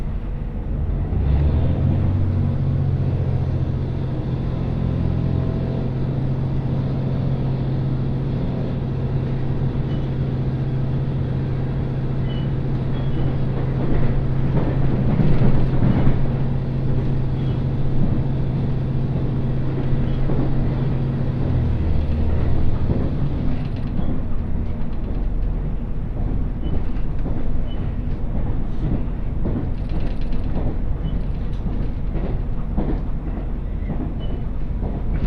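A one-car GV-E400 hybrid train runs on the Tsugaru Line with a steady low rumble. A low, even hum holds from the start until about 22 seconds, then fades. After that the rumble continues with scattered rattles and clicks.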